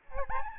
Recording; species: mosquito wingbeat signal from an infrared sensor; Aedes albopictus